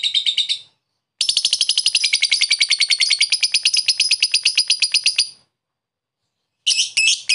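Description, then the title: Lovebird chatter: a brief shrill burst, then a long rapid rattling chatter of high notes for about four seconds, silence, and more squeaky bursts at the end. Lovebird giving long 'ngetik ngekek' chatter; a master recording (masteran) for training other birds. "Love bird ngetik ngekek"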